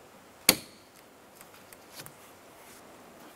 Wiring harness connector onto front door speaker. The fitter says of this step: reinstall the connector push until you hear a click